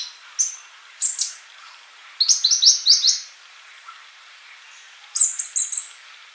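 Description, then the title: Bird song in short bursts: a few isolated high chirps, then a quick run of several notes, later another rapid cluster. "Kicau Burung"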